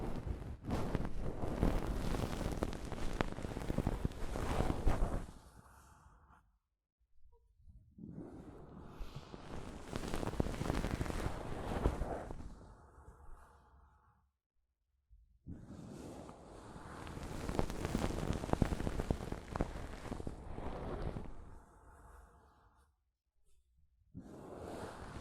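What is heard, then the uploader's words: Soft fabric brushes over a microphone in three dense, rough bursts of rustling, around 0–6, 8–14 and 15–23 seconds, separated by near silence. ASMR Mic Brushing using Soft Fabric (No Talking).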